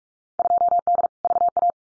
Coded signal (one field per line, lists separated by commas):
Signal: Morse code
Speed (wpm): 44 wpm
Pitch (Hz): 700 Hz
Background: none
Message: 2D VA